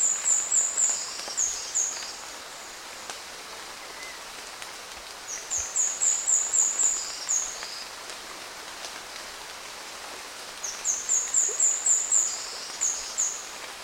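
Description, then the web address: Speckled spinetail giving very high, thin, rapid note series: three bursts of several notes each, separated by pauses, over a steady soft hiss. "sound Speckled-spinetail. صدای-پرنده-دمخاری-خالدار"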